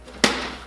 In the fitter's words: Hop, ça se clipse.